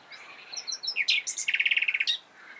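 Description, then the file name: Common nightingale song: a few thin notes, then a swift rattling trill of evenly repeated pulses, brief and emphatic. "Luscinia megarhynchos"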